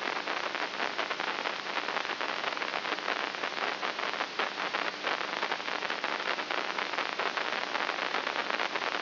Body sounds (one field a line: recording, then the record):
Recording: brain microelectrode recording played as sound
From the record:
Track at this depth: inside the subthalamic nucleus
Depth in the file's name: 2.24 mm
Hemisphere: right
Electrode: 3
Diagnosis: Parkinson's disease